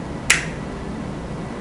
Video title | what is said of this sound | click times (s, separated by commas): 3 5 Lb Trigger Connector Replacement With Diane Haring | and now you want to hear a click when you press on this pin | 0.3 s